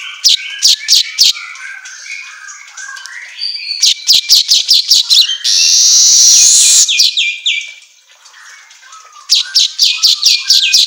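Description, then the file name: Asian golden weaver song: rapid bursts of dry clicking chatter, broken by a long loud buzzy hiss, then more quick ticking notes. Song made for training songbirds, labelled 'auto gacor'. "Suara Kicau Manyar Kepala Emas Auto Gacor"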